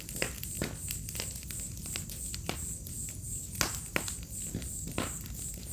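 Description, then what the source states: Constant shrill cricket trilling runs throughout, broken by loud fire crackles and pops at irregular moments. Chorus of crickets on an autumn night beside a crackling bonfire, in a village within the Mata Atlântica rainforest.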